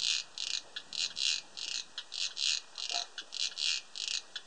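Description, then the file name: Cricket chirping: high, buzzy pulses in quick bursts, repeated steadily throughout with brief gaps between groups. 31 August 2007; filtered. "070831 Cricket"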